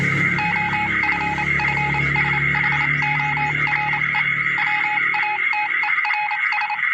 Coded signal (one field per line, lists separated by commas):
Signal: Morse code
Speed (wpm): 27 wpm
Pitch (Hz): 840 Hz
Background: none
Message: OFFSHORE WATERS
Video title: MORSE CODE